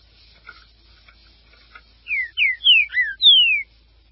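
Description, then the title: Green-winged saltator song: a few faint ticks, then five loud falling whistles delivered rapidly, the final note drawn out. "Trinca Ferro"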